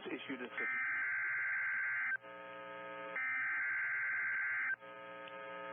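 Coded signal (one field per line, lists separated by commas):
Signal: Emergency Alert System (SAME) tones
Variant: header bursts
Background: speech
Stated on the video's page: Derecho alerts received on NOAA Weather Radio.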